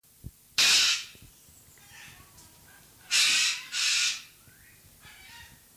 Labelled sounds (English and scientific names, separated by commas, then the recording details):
Yellow-crested Cockatoo (Cacatua sulphurea) call
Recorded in captivity
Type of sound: call
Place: Zoo Berlin, Berlin, DE
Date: 2003-09-26 17:00
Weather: fair, 16-17°C
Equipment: Fair Mate ST-1328 (Asahi Electronics, Japan), Sennheiser ME 80, Kopie Uher 4000 Report Monitor
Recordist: Tembrock, Günter
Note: Orangenlaubkakadu: drei Rufe, daneben Orangenbauch-Blattvogel